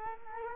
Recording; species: mosquito wingbeat signal from an infrared sensor; Culex quinquefasciatus